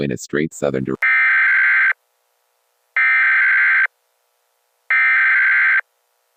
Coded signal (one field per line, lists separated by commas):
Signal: Emergency Alert System (SAME) tones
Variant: header bursts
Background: speech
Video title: The Ultimate Derecho (EAS Mock)